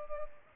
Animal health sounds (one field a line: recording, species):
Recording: mosquito wingbeat signal from an infrared sensor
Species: Culex pipiens